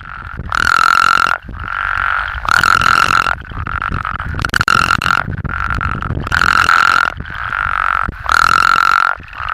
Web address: Frog Spea Bombifrons